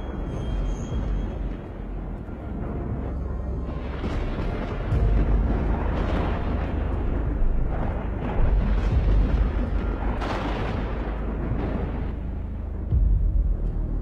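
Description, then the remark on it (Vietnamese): Loud, rolling thunder: a continuous deep rumble lasting the whole stretch, with several heavier booming surges breaking through at irregular moments. No voices are heard. “Lão dậm mạnh bàn tay xuống, cùng lúc ấy trên bầu trời nổi lên tiếng sấm sét kinh thiên động địa.”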